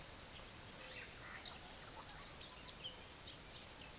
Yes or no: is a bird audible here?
yes